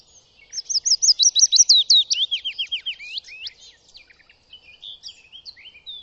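Bird pouring out a brisk series of high slurred whistles that drop in pitch, then trails off into softer scattered chirps and twitters for the last few seconds.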